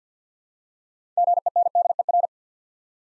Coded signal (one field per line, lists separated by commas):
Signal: Morse code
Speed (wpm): 52 wpm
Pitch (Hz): 700 Hz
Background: none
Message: GENDER